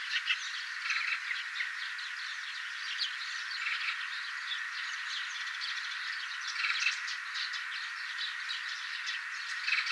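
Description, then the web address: Eurasian tree sparrows in busy group chatter, a steady stream of quick chirps with a few louder bursts rising out of the chorus. Tree sparrows singing, recorded 25 September 2025. "paivat 25 9 2025 pikkuvarpuset laulavat"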